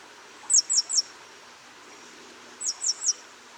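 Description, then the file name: Great tit: two crisp runs of three high, sharp notes, about two seconds apart, with little else but faint hiss. "Parus major"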